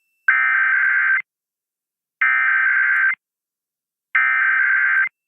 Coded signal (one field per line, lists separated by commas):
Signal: Emergency Alert System (SAME) tones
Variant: header bursts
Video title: September Weekend Tests Finale (EAS #22701-22707) 9/28-29/24